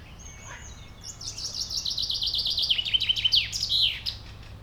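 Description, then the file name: Common chaffinch song: a fast run of repeated notes stepping down in pitch, ending in a brighter flourish; low background hum. "Fringilla coelebs"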